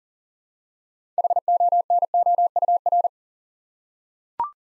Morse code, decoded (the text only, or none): HONOUR